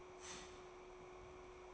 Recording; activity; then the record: daily activity, microphone in the room; start toaster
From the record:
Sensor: 1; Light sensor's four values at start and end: 4/9/3/3 and 4/9/3/3